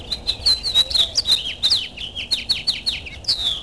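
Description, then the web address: Bird calls: rapid, high chirps and short descending notes repeated throughout. "gengo bird"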